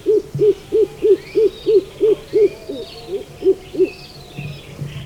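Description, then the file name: Speckled Pigeon cooing: a steady run of about twelve low, hollow hoots, roughly three per second, growing fainter and less even toward the end. "Columba guinea -- Speckled Pigeon"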